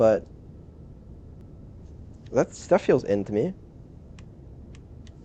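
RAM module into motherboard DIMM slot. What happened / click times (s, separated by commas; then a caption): The module did not seat; no latching click is heard / none. A RAM module is pushed into a motherboard DIMM slot while someone talks, and a few small, faint ticks follow the speech. Despite the pushing, the stick has not seated and nothing has clicked into place yet.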